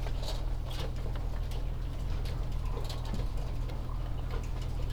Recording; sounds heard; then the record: poultry house recording; healthy chickens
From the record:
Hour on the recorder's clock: 14